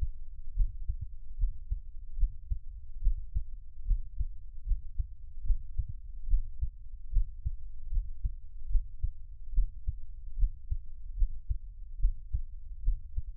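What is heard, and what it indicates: Soft, deep thumps repeat at a steady pace of about 71 beats a minute, with nothing else in the background. This is an adult's own heartbeat heard up close as a quiet Taiwanese ASMR track, with no talking.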